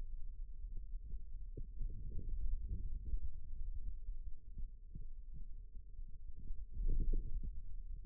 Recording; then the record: forearm muscle sounds (acoustic myography)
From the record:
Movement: radial deviation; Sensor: system 2, bracelet of six BSWA MPA416 microphones around the upper forearm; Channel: 4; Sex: male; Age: 22 years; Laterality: right